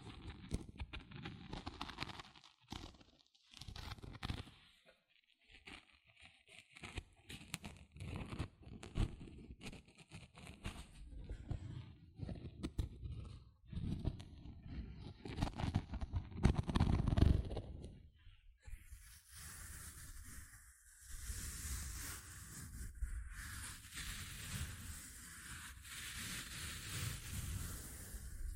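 Gentle scratching, made up of quick, irregular strokes with short silent gaps, strongest in the low and middle range. A louder rubbing burst comes near seventeen seconds. After about nineteen seconds the sound turns steadier and brighter, with a continuous fine hiss over the scratches.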